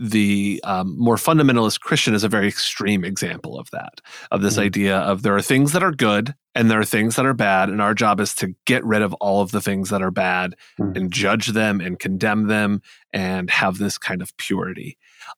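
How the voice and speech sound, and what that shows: A man speaks fluently at an easy pace in a low, steady voice, with a few brief pauses.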